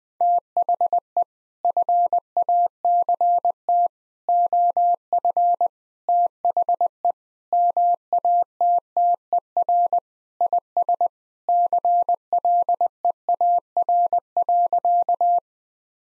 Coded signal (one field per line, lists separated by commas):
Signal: Morse code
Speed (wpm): 20 wpm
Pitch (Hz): 700 Hz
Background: none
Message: THE FACT OF THE MATTER IS CLEAR.